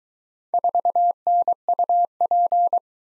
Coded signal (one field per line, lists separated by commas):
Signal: Morse code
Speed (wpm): 23 wpm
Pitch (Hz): 700 Hz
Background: none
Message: 4NUP